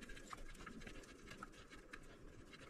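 A metal threaded drain line fitting is repeatedly pushed and turned against its port, giving a steady scratchy, scraping rustle with short sharp metallic ticks at about 0.3, 1.4 and 1.9 seconds. The fitting never catches its thread, so nothing has seated or clicked yet.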